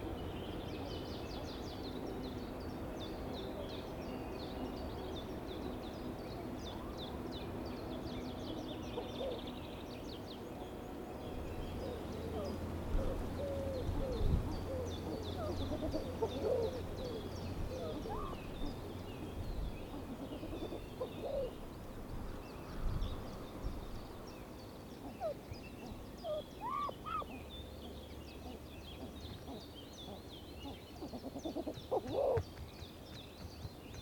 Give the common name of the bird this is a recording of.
Common Pheasant